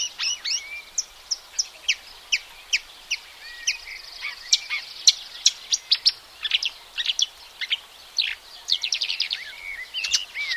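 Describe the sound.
Marsh warbler in sustained song, mixing crisp high ticks, downslurred whistles and buzzy chatter in a lively, unbroken, varied stream.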